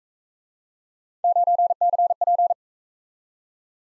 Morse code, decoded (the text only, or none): 9CP